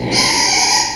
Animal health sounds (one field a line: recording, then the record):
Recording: squeal of a Yucatan mini pig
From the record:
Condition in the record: before surgery on the right vocal fold (resection and tissue-engineered implant)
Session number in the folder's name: 2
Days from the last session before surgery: 0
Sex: male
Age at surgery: 12 weeks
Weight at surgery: 13 kg